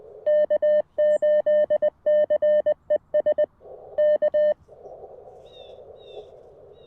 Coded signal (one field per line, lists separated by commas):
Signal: Morse code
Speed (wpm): 20 wpm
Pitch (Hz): 600 Hz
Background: none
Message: K8CES K